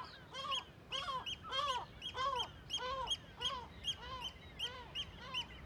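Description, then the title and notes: Gull alarm calls, a rapid series of harsh, arched barking notes, with a busy background of other seabirds calling. Gulls and other birds alarmed by the recordist in a huge cliff amphitheatre above the Viðarlundin forest on Kunoy, Faroe Islands; quadraphonic recording, MixPre-6 II with DPA microphones. "Iles Féroé, KUNOY, nous sommes au dessus la forêt de Viðarlundin í Kunoy, le Cirque est énorme et les mouettes et autres oiseaux se mettent en alerte."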